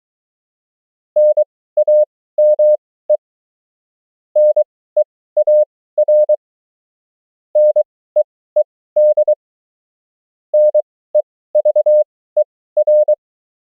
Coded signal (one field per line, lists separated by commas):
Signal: Morse code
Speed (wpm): 23 wpm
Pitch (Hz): 600 Hz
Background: none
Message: NAME NEAR NEED NEVER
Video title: CW Fluency: The 500 Most Common Morse Code Words & Abbreviations @20 wpm